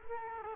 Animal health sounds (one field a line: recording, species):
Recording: mosquito wingbeat signal from an infrared sensor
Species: Culex quinquefasciatus